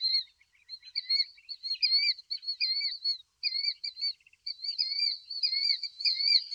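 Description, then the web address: Killdeer giving high, shrill notes run together into a near-continuous trilling chatter, with brief pauses and a few stuttering notes between phrases. Eastern North America. "Dan Gibson Wildlife Identification By Sound, Eastern North America Pt 2. Killdeer"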